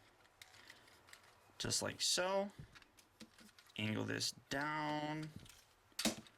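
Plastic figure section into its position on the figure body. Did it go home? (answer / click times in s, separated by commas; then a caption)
yes / 6.0 s. A section of a Transformers Dark of the Moon Voyager Class Autobot Ratchet plastic action figure is angled down during transformation and seats into position on the figure body. Someone talks over soft handling clicks, then a sharp plastic click at 6.0 s confirms it has snapped into place.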